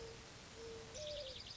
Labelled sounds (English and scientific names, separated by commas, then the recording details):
Mourning Dove (Zenaida macroura)
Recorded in Sonoma County, California